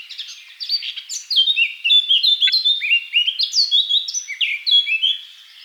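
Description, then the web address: Eurasian blackcap singing a fast, rich warble of varied whistled and chattering notes that jump between high and mid pitches. "SETE Sylvia atricapilla"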